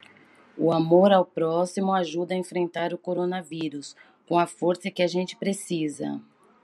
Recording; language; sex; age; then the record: spoken sentence; Brazilian Portuguese; female; 40 to 49 years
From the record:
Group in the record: control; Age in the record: 48 years